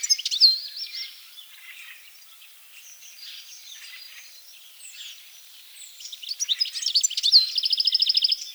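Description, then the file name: European goldfinch song opening with sharp twittering, falling quiet for several seconds, then resuming with chirps and a rapid buzzy trill at the end. "Carduelis carduelis"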